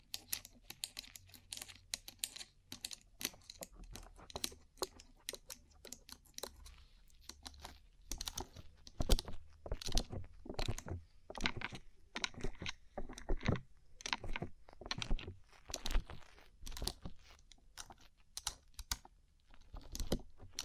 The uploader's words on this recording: ASMR Rhinestone Covered Tapping 3Dio (No Talking).